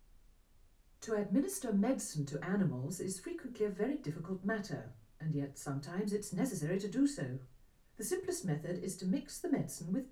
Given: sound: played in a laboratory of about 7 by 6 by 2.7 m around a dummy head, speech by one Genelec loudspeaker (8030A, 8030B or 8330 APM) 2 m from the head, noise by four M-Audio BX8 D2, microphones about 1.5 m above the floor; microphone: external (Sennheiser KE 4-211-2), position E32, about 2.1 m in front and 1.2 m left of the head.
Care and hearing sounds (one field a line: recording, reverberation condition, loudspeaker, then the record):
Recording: female speech in English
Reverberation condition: low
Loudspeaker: behind (180 degrees)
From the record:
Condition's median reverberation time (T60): about 310 ms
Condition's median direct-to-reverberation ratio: about 3.5 dB